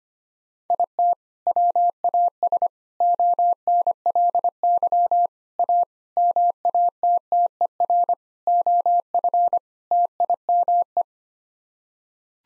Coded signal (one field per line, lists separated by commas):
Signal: Morse code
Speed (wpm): 25 wpm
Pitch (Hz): 700 Hz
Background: none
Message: IT WAS ONLY A MATTER OF TIME